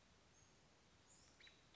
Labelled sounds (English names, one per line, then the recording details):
American Robin
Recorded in Sonoma County, California